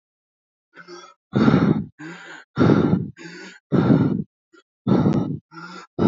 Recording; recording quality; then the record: shallow breathing; excellent, no background noise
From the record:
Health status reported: healthy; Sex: male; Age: 26 years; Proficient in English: yes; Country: India